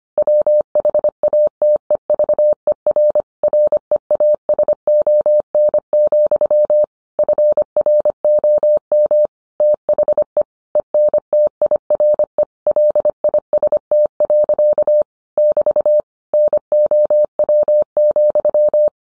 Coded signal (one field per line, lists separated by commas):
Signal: Morse code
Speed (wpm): 25 wpm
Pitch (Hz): 600 Hz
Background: none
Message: WHATEVER REASON, FROM THE ENTIRE LIST. <BT> NOW,